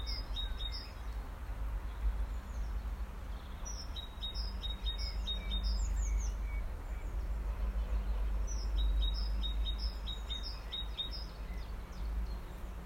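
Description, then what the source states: Bird song in short bursts of high, rapid chirping notes, each phrase lasting one to three seconds and repeated every few seconds over a steady low rumble. During lockdown, 26 March.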